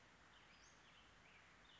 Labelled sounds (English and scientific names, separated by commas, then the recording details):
Western Flycatcher (Empidonax difficilis)
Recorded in Sonoma County, California